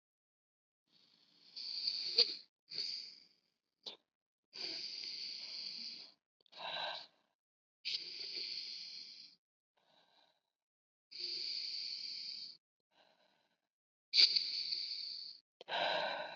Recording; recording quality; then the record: deep breathing; excellent, no background noise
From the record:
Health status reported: COVID-19 positive, mild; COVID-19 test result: positive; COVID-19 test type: RT-PCR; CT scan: not taken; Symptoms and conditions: cold, fever, fatigue, muscle pain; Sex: female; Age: 30 years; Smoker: no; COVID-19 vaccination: both doses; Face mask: not worn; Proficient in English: yes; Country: India